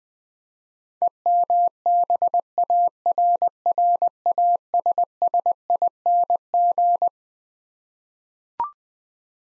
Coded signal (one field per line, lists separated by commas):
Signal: Morse code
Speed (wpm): 20 wpm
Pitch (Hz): 700 Hz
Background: none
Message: EMBARRASSING